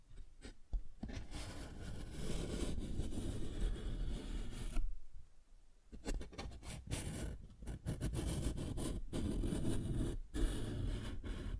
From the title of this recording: Paper Bag Tapping and Scratching Sounds